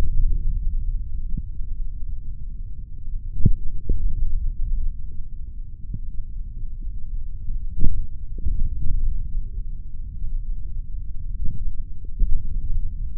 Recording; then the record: forearm muscle sounds (acoustic myography)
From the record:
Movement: index flexion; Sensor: system 3, bracelet of six PUI Audio POM-2738L microphones around the upper forearm, with dedicated amplification and filtering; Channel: 2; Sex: male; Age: 26 years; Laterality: right